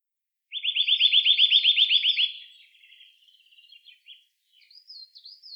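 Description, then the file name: Eurasian nuthatch trill: a rapid run of clear whistled notes lasting about two seconds, followed by faint, thin twittering notes. "Sitta europaea"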